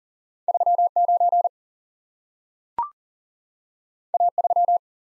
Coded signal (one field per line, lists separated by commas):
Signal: Morse code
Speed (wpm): 38 wpm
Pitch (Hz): 700 Hz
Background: none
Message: 39 A3